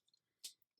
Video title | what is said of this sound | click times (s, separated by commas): Transformers Review: Iron Factory IF EX-37 Phantom // P4L Reviews | you'll hear them click into place | 0.5 s